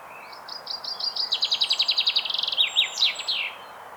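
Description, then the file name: Common chaffinch song: thin notes at first, then a fast, even rattle of descending phrases finishing with a lively terminal flourish, over a quiet background. "Fringilla coelebs"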